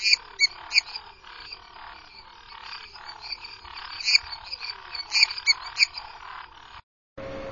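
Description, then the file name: Lesser treefrog calls, sharp creaky notes in short irregular bursts over a steady buzzing background, ending in a brief silence and a harsh noise. "Dendropsophus minutus"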